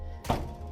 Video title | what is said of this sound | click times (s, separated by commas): First Time Instructions and Connections for a PTO Manure Spreader | then it's locked into place I can't pull it out any longer | 0.2 s, 0.3 s